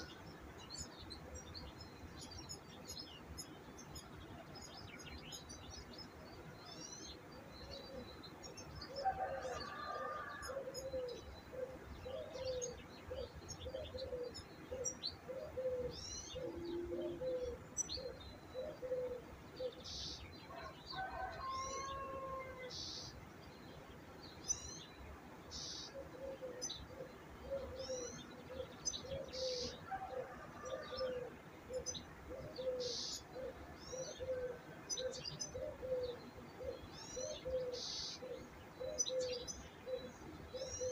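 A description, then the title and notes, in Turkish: Birdsong fills the clip with busy, bright chirps and trills high up, repeating steadily throughout. A low cooing runs along underneath in regular pulses, likely a dove, with a few brief mid-pitched calls around 9–10 and 21–22 seconds. A soft, constant hiss sits behind everything. Kuş Sesleri.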